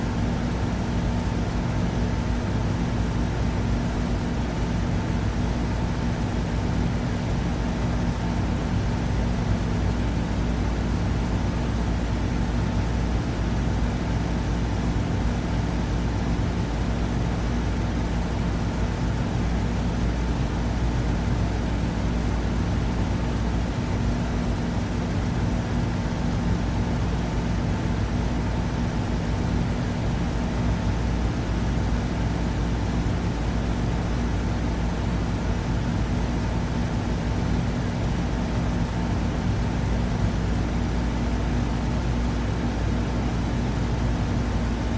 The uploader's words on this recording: White Noise Air Conditioner.